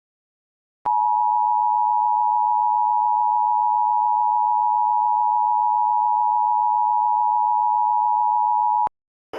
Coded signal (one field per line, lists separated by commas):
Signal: Emergency Alert System (SAME) tones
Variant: 853 and 960 Hz attention tone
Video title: Waukesha's Night of Terror | #JerrysPDSTORChallenge [an EAS mock]